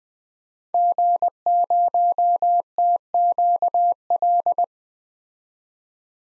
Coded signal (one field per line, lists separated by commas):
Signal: Morse code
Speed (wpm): 20 wpm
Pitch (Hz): 700 Hz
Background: none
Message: G0TQL